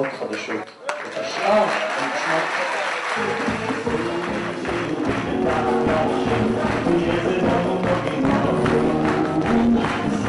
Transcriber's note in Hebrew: מחיאות כפיים